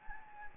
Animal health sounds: mosquito wingbeat signal from an infrared sensor; Anopheles gambiae

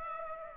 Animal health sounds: mosquito wingbeat signal from an infrared sensor; Aedes aegypti

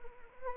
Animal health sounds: mosquito wingbeat signal from an infrared sensor; Anopheles arabiensis

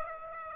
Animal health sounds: mosquito wingbeat signal from an infrared sensor; Aedes aegypti

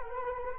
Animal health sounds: mosquito wingbeat signal from an infrared sensor; Culex quinquefasciatus

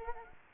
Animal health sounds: mosquito wingbeat signal from an infrared sensor; Culex quinquefasciatus

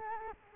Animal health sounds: mosquito wingbeat signal from an infrared sensor; Culex quinquefasciatus

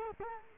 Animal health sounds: mosquito wingbeat signal from an infrared sensor; Culex quinquefasciatus

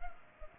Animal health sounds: mosquito wingbeat signal from an infrared sensor; Culex pipiens

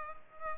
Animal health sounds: mosquito wingbeat signal from an infrared sensor; Culex pipiens

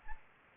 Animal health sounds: mosquito wingbeat signal from an infrared sensor; Anopheles arabiensis

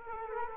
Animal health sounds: mosquito wingbeat signal from an infrared sensor; Culex quinquefasciatus

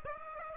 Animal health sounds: mosquito wingbeat signal from an infrared sensor; Aedes aegypti

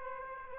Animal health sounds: mosquito wingbeat signal from an infrared sensor; Aedes aegypti

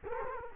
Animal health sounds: mosquito wingbeat signal from an infrared sensor; Culex quinquefasciatus

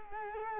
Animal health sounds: mosquito wingbeat signal from an infrared sensor; Culex quinquefasciatus

